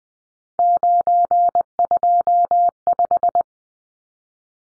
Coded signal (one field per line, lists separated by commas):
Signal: Morse code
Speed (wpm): 20 wpm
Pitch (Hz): 700 Hz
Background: none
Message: 925